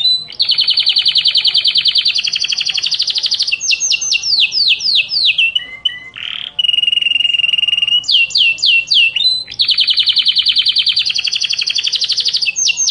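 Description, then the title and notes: Atlantic Canary singing rapid, even trills broken by quick downslurred notes and a short pause, then the rolling trills resume at high pitch. Canary song used to train canaries to sing. "Suara Burung Kenari Masteran. master suara burung kenari"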